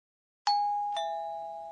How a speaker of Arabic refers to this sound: صوت جرس الباب، ويلفظ في اليابانية هكذا بيم بوم.